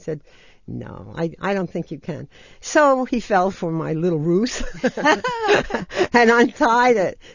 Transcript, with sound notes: And I said, "No, I don't think you can." So, he fell for my little ruse [laughs] and untied it!